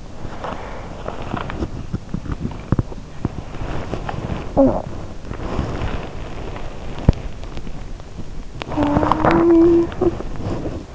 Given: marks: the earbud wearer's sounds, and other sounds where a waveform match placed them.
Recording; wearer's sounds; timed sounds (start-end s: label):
sounds in sleep by an in-ear microphone; body movement, talking in sleep
0.00-10.95 s: body movement
4.29-5.16 s: talking in sleep
8.56-10.36 s: talking in sleep